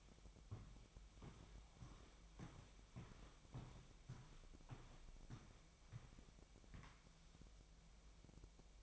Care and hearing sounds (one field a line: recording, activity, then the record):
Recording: daily activity, microphone in the room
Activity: walk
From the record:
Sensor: 1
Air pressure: 1001.6 hPa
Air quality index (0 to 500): 222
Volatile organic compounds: 30 ppm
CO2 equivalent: 2966 ppm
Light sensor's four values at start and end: 9/31/11/12 and 9/32/11/13